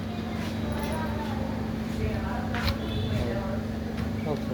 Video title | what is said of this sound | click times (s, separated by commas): Hiishnu fire fox cycle light fitting guideline | இது press பண்ணிங்கன்னா இது லாக் ஆகும். | 2.5 s